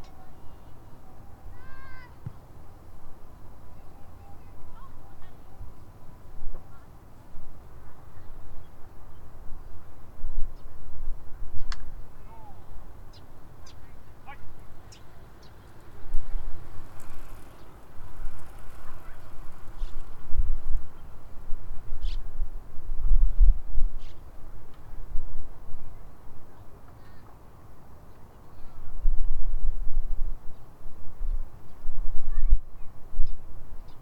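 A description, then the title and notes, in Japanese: On a riverbank, a low outdoor rumble carries voices, scattered bird calls and honks, brief clicks, and swelling passes of passing trains. 土手にたたずむと聞こえてくる、自転車や子どもたちの遊び声、線路を走る電車や鳥のさえずり。多摩川の水の流れとともにどうぞ。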